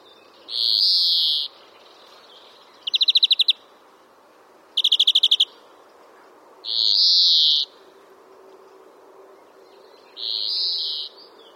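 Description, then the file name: European greenfinch giving a wheezy, nasal drawn-out note, then two fast chattering trills, then two more wheezes. "Chloris chloris"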